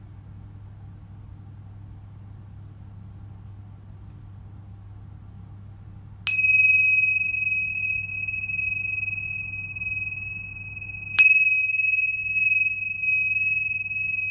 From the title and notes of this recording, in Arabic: تقدّم … في هذه الحلقة جلسة علاج بالصوت عبر استخدام تقنية أوعية الغناء التبتية والأوعية الكريستالية .